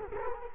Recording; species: mosquito wingbeat signal from an infrared sensor; Culex quinquefasciatus